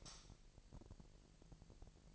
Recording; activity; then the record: daily activity, microphone in the room; light off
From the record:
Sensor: 5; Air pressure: 1002.0 hPa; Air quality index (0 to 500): 243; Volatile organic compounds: 42 ppm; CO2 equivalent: 3179 ppm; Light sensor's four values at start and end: 17/39/16/18 and 16/38/16/17